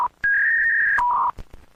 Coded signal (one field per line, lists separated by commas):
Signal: fax machine handshake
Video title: Dial Up Internet - Efecto de sonido